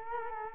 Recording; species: mosquito wingbeat signal from an infrared sensor; Culex quinquefasciatus